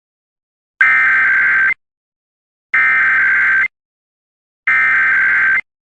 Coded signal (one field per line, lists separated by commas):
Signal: Emergency Alert System (SAME) tones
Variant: header bursts